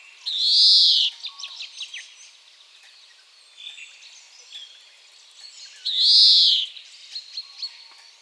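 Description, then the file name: European greenfinch giving two long, buzzy nasal wheezes about five seconds apart, with soft twittering notes in between. "Chloris chloris"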